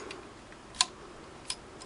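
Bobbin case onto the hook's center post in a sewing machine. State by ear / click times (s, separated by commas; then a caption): seated / 0.8 s. A metal bobbin case is lined up on the center post of the shuttle hook in a Singer Model 15-91 sewing machine and pushed home until its latch catches. A sharp, bright snap at 0.8 s marks it seating in place, followed by a softer click at 1.5 s, over faint background noise.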